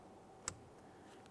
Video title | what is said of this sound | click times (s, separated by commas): How to Replace Multi Function Switch 2008-2017 Mitsubishi Lancer | Audible click. A light tug. | 0.5 s